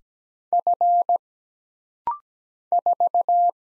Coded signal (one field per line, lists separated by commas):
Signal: Morse code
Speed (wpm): 17 wpm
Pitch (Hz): 700 Hz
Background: none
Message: F 4